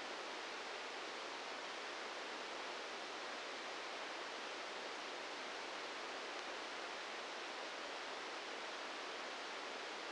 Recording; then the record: brain microelectrode recording played as sound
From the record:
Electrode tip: outside the subthalamic nucleus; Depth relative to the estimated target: 3 mm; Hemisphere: left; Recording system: NeuroSet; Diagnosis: Parkinson's disease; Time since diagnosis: 13 years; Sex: male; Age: 66 years